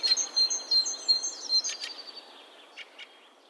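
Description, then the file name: Great tit giving a quick run of ringing two-note phrases for about a second and a half, followed by a few soft clicks and quiet background. "Parus major"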